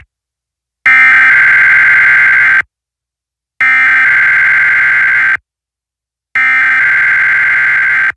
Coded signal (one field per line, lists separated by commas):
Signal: Emergency Alert System (SAME) tones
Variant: header bursts